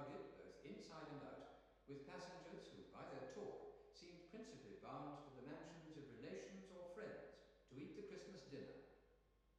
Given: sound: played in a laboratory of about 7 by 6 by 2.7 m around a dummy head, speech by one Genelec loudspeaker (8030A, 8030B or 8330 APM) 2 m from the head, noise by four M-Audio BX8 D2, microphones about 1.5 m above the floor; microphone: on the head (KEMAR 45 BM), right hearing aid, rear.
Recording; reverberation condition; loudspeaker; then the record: male speech in English; high; in front (0 degrees)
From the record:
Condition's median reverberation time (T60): about 1300 ms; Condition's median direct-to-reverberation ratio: about -4.0 dB